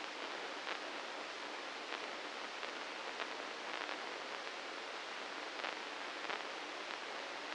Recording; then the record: brain microelectrode recording played as sound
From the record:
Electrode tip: inside the subthalamic nucleus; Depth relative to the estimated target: 0 mm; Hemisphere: right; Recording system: NeuroSet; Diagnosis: Parkinson's disease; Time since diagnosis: 9 years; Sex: male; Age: 61 years